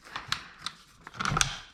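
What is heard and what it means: A wheel of a Hauck Walk N Care pushchair is turned and pushed onto the axle on a frame leg until it clicks into place. A series of short, sharp ticks and rattles is heard, with clicks at 0.3 s and 1.4 s. The wheel ends up seated on the frame.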